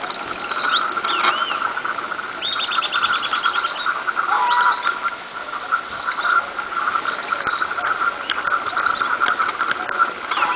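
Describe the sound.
Bird calls: quick high trilled series and short chirps, set against steady droning tones throughout.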